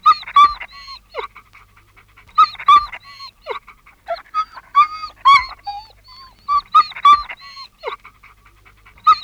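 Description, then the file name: Dog whining and yelping anxiously, with clusters of shrill, wavering cries recurring every couple of seconds. "Angstig janken van een hond - Sound Cloud - Beeld en Geluid"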